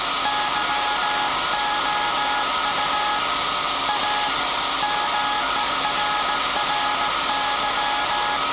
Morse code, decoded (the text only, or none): YOU A MERRY